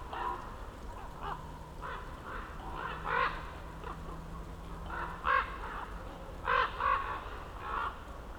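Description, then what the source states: Common raven croaking, a series of hoarse calls of varying loudness, with a faint humming tone in the background. Ravens circling above a mountain slope for over ten minutes at Patnik mountain side, Goworów, Poland, on a New Year's walk; recordist crouched among young beeches; Zoom F4, AT BP4025.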